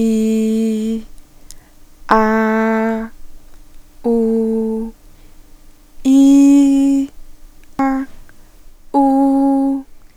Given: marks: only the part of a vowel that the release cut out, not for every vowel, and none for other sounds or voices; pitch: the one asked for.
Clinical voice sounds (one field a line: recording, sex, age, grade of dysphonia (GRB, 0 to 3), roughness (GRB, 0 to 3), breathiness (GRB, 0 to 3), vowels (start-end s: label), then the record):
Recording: sustained vowels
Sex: female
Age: 20 to 29 years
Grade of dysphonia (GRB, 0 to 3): 0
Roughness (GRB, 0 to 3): 0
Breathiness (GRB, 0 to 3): 0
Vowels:
0.00-0.94 s: vowel /i/, normal pitch
2.15-2.95 s: vowel /a/, normal pitch
4.09-4.77 s: vowel /u/, normal pitch
6.09-6.97 s: vowel /i/, high pitch
9.12-9.71 s: vowel /u/, high pitch
From the record:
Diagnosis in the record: healthy voice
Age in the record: 22 years